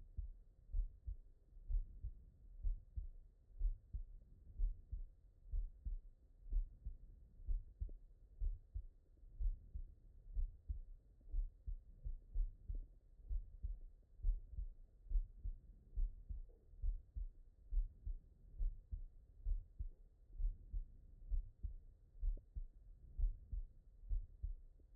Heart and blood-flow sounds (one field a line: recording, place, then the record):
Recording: heart sounds by stethoscope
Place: tricuspid valve (TV)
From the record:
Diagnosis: non-HFrEF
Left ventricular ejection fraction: 70%